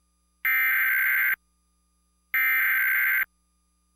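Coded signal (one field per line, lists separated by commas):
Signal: Emergency Alert System (SAME) tones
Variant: header bursts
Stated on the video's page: Fictional EAS scenario, not a real broadcast, which may or may not contain valid EAS tones.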